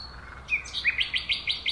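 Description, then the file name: Common nightingale song phrase: a short note followed by about six quick, evenly spaced chirps, each sharp and bright. "Luscinia megarhynchos"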